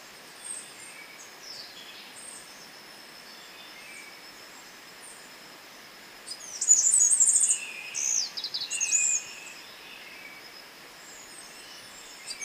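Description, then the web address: Mountain wren song in two brief bursts after a long quiet stretch: very high, thin twittering trills followed by a few short, sharp notes. Ecuador. "Natures Songs S America Birds of Ecuador Mountain Wren"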